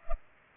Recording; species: mosquito wingbeat signal from an infrared sensor; Culex pipiens